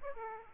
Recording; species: mosquito wingbeat signal from an infrared sensor; Aedes aegypti